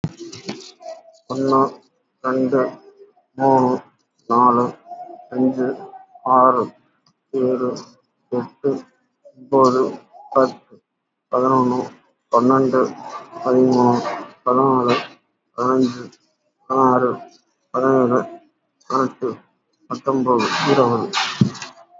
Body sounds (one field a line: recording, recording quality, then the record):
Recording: counting at a normal pace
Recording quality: excellent, no background noise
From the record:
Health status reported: healthy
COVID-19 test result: negative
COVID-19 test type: RT-PCR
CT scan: not taken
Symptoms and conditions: cough, cold, fever, fatigue, loss of smell and taste, hypertension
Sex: male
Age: 42 years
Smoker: no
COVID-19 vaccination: one dose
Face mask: worn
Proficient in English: yes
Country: India